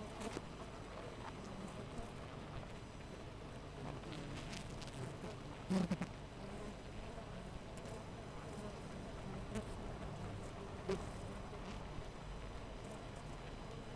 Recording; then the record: honeybee colony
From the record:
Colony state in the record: missing queen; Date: 14 July 2017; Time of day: 5:25